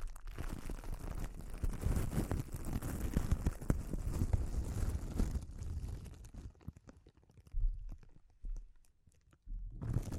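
Crinkling plays as a dense, crackly rustle for about the first six seconds, full of quick sharp snaps over a low rumble. It then thins into scattered bursts separated by near-silent pauses before picking up again right at the end.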